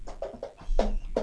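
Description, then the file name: Frog croaking in several short, rough pulses with uneven spacing, the later ones louder. "grenouille"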